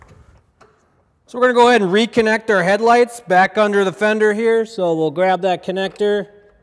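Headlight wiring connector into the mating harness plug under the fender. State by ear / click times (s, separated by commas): not seated / none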